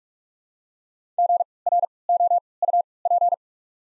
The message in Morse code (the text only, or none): G R O U P